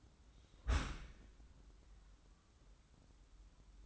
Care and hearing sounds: daily activity, microphone in the room; close dishwasher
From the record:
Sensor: 3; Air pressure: 994.4 hPa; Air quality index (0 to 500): 209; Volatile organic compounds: 1000 ppm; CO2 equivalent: 6983 ppm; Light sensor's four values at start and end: 170/408/171/168 and 165/397/166/162

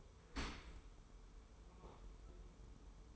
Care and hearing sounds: daily activity, microphone in the room; open dishwasher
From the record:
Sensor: 1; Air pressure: 1015.0 hPa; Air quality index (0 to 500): 25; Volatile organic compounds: 0 ppm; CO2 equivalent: 500 ppm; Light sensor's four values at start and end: 13/30/12/13 and 13/30/12/13

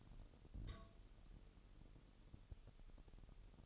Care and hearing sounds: daily activity, microphone in the room; take from stove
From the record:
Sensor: 4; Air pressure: 989.1 hPa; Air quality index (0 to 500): 211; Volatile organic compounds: 60 ppm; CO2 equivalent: 3419 ppm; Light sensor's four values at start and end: 29/98/36/38 and 29/98/36/38

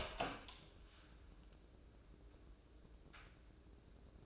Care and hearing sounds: daily activity, microphone in the room; open door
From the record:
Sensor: 2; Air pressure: 1012.2 hPa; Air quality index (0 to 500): 162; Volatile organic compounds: 2 ppm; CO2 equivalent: 1182 ppm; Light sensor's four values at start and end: 399/996/405/425 and 395/987/401/421

